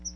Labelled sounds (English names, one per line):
Chestnut-sided Warbler flight call